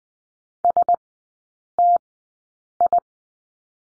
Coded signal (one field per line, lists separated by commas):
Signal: Morse code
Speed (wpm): 20 wpm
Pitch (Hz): 700 Hz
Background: none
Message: S T I